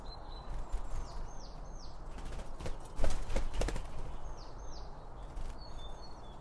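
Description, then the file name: Birds chirping: sliding high chirps in small clusters, with a few sharp knocking sounds around the middle and a low steady rumble underneath. Birds around a bird feeder; recorded with two Line Audio OM 1 microphones. "Birds Around Birdfeeding With Two Om 1 From Line Audio"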